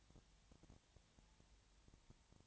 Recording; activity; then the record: daily activity, microphone in the room; no activity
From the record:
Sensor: 3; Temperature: 20.6 degrees Celsius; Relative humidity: 34.7%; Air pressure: 1007.2 hPa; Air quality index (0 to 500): 137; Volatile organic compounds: 3 ppm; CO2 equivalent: 1526 ppm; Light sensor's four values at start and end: 2/3/2/2 and 2/3/2/2